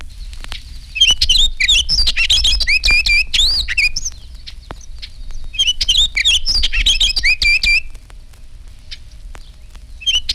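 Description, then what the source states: Orchard Oriole song: rapid, rich warbled phrases of whistles and slurred notes in two bursts separated by a short pause, with another beginning at the end. Clear, joyous songs heard in open country with scattered trees.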